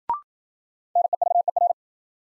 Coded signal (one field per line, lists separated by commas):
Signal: Morse code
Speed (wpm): 53 wpm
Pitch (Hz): 700 Hz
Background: none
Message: NEVER